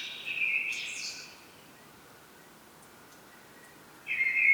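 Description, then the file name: Common blackbird producing a brief fluty phrase with a squeaky high ending, then silence, then the start of another phrase. "Turdus merula"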